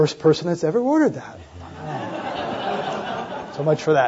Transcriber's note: laughter